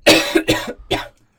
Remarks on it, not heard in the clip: I'm going to cough in your tiny cupboard. You did it right down the mic. A man coughing in a wardrobe.